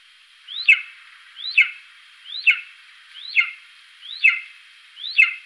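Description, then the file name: Golden eagle calling a rising then falling yelp, repeated six times at an even pace of just over one per second, with a soft steady background tone. "Kungsörn"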